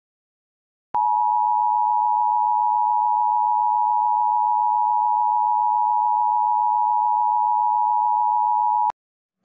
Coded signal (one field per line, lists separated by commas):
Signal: Emergency Alert System (SAME) tones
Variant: 853 and 960 Hz attention tone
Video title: EAS Scenario: Killer EF5 Tornado for Chicago O’Hare in eastern Illinois